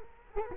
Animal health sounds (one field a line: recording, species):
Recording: mosquito wingbeat signal from an infrared sensor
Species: Culex quinquefasciatus